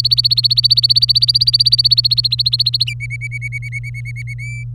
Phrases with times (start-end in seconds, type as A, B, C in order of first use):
0.00-2.84 A, 2.87-4.34 B, 4.39-4.63 C